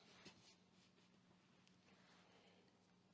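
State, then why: Not seated. The main locking blade of a Victorinox EvoGrip S54 Swiss Army Knife is handled as it is opened toward its liner/catch lock, with light handling noise over a steady low hum. The blade has not yet locked into place, and nothing has clicked or seated yet.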